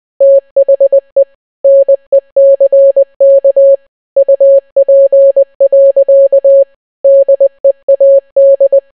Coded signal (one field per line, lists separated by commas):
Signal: Morse code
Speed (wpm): 20 wpm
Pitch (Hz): 550 Hz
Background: none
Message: THE NECK UP. DEAD